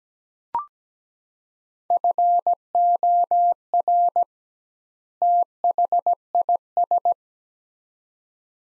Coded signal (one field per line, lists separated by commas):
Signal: Morse code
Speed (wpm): 17 wpm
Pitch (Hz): 700 Hz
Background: none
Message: FOR THIS